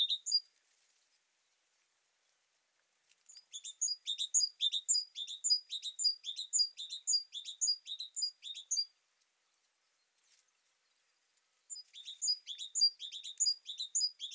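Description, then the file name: Great tit producing a long run of sharp, high chip phrases, repeated roughly twice a second, then a pause before another burst. "Parus major"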